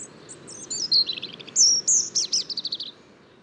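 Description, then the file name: European robin song: a quick, high, sparkling phrase of whistles and fast trills. "Erithacus rubecula"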